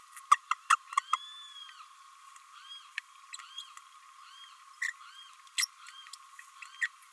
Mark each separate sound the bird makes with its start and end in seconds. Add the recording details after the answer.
0.31-0.37, 0.51-0.55, 0.70-0.76, 2.97-3.00, 4.81-4.93, 5.57-5.67, 6.81-6.88. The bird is a female. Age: 29 days. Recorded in a nest box in Venezuela. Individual 17B32A5